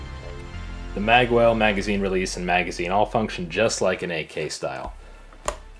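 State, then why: Released. Someone talks while handling a JG SIG 552 airsoft electric gun with a plastic body, whose magwell, magazine release and magazine work like an AK style. The AK-style paddle magazine release is pressed, and a sharp click at 5.5 s marks the magazine popping out of the magwell.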